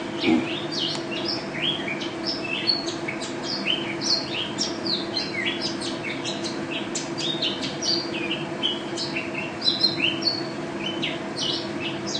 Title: Pleci Juara 1 Nasional pleci Gacor juara nasional teler gacor ropel pleci isian kenari Video 2015